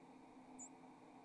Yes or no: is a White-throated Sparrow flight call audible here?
no